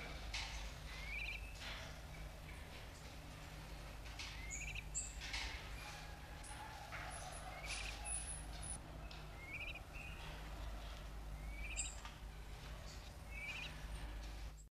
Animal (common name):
Red-crested Korhaan